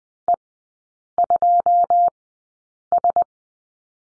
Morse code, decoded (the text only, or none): E2S